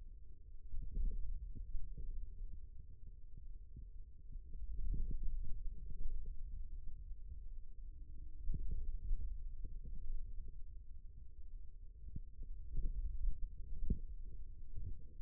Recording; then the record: forearm muscle sounds (acoustic myography)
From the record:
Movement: hand opening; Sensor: system 2, bracelet of six BSWA MPA416 microphones around the upper forearm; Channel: 3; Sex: male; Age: 22 years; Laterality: right